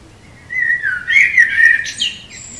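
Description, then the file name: Common blackbird song: one phrase of low mellow fluting warbles, then a high, thin, squeaky twittering flourish at the end. "Turdus merula"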